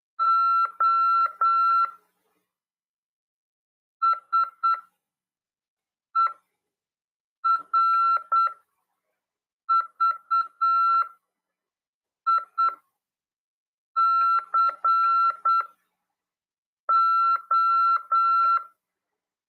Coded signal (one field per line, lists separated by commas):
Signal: Morse code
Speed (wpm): 8 wpm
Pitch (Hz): 1350 Hz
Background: none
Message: O SERVICO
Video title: RADIOAMADOR 1ªEd 14/12/2022 "AULA 45: CW, LEGIS e C.RODADA" FM 146.410 Mhz. PY2EXU PAULO CRASP/RAF.